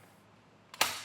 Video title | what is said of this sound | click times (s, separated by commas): etrailer - Hollywood Racks CrossTrack Bike Rack for 1 Bike Review - 2023 Buick Envision - HLY98RR | Then when you're done, you can just push up till it locks into place. | 0.8 s